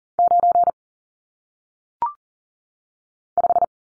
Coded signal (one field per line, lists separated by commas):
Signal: Morse code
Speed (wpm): 40 wpm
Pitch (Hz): 700 Hz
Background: none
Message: 9 5